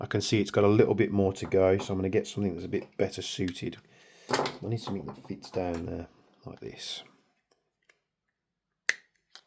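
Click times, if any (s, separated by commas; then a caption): 8.9 s. Someone talks, then uses a better-suited tool to push a component of the NPAS valve assembly down into the magazine/nozzle area of a Tokyo Marui MP7 airsoft gas SMG. A few faint taps follow, then a sharp snap at 8.9 s as the part seats into place, with a quieter tick after it.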